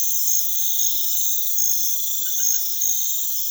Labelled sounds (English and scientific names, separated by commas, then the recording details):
none
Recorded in pastures near Puerto Asís, Putumayo, Colombia, on 4 March 2025 at 04:00
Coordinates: 0.487, -76.322
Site G077